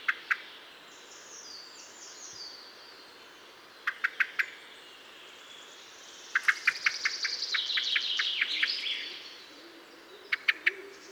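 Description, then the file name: Common blackbird calls: hard, clipped notes given in quick bursts of two to six, with other birds singing high, trilling phrases behind. "Turdus merula"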